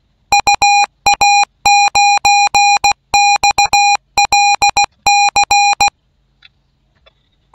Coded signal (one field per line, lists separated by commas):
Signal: Morse code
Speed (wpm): 16 wpm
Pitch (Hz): 810 Hz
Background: none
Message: UA9XLC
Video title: nachalo RUFZ 22